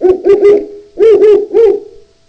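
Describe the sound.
Owl hooting: two quick bursts of three loud, low hoots each.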